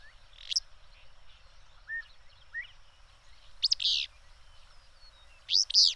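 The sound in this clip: Bird calls: a sharp chip and a few short faint notes, then two phrases of sharp notes ending in harsh buzzes, about two seconds apart.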